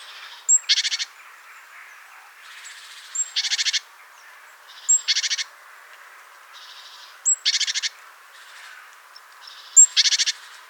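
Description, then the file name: Great tit harsh buzzy rattle calls of several rapid notes, each introduced by a thin high note, repeated about every two to three seconds over a steady background hiss. "Parus major"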